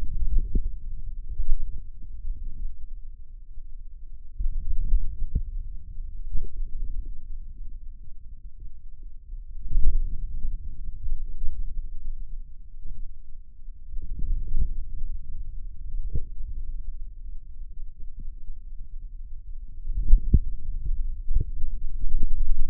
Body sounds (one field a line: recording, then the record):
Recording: forearm muscle sounds (acoustic myography)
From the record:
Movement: hand closing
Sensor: system 2, bracelet of six BSWA MPA416 microphones around the upper forearm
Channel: 4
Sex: male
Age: 22 years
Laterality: right